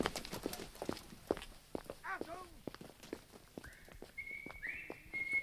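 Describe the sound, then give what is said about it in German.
Heavy footsteps stomp along a barracks corridor in a quick, uneven run of loud thuds, with a brief voice midway and a thin whistled tone near the end. “Welcher Vollidiot knallt da seine ungewaschenen Plattbeine über den Flur?”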